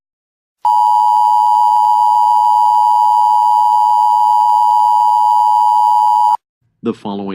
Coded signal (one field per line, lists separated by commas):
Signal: Emergency Alert System (SAME) tones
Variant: 853 and 960 Hz attention tone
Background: speech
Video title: EAS Christmas Scenario: Killer Santa